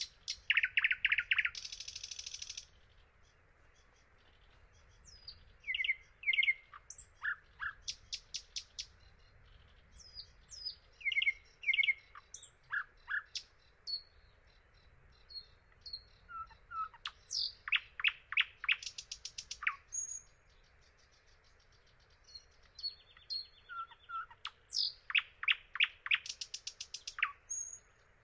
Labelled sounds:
Thrush Nightingale song

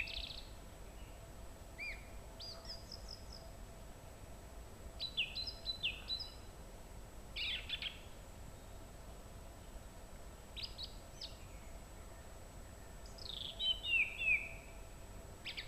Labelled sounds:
Song Thrush song

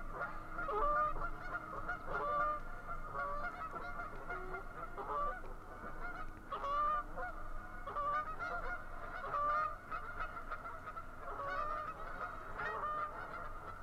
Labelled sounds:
Canada Goose call

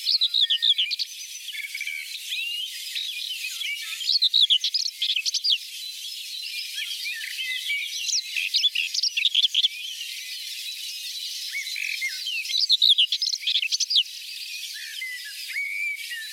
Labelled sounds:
Common Whitethroat song

